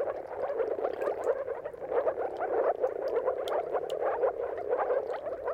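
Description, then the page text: Moor frogs calling in a busy chorus, soft bubbling croaks tumbling over one another, some clearer individual notes standing out. Mating calls of a moor frog chorus at sunrise, at the turn of March and April depending on the weather; recorded by Jakub Orzecki. "Dawn’s Chorus: Mating Calls of Marsh Frogs at Sunrise. Depending on the weather at the turn of March and April, you can witness an amazing spectacle of moor frogs. Jakub Orzecki. earth.fm"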